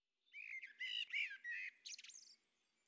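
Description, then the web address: Blackbird song phrase, a brief warbled sequence of fluty notes followed by a higher, thin twittering flourish, in otherwise quiet surroundings. Blackbird at midday. "Fontainebleau Demo. blackbird"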